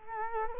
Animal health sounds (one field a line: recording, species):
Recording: mosquito wingbeat signal from an infrared sensor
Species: Culex quinquefasciatus